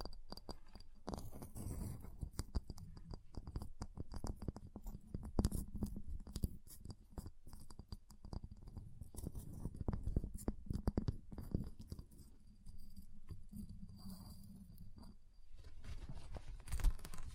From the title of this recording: Ice Tapping, Scratching, Carving Sounds